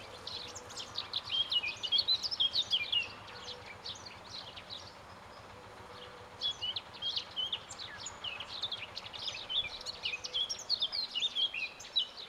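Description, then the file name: Eurasian blackcap song: bursts of rich, fast warbled phrases, loud around two seconds and again near the end. "Sylvia atricapilla"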